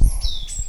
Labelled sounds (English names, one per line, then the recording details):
Stitchbird song
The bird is a male
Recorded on Tiritiri Matangi Island, New Zealand, in 2005
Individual 17, of nest box 25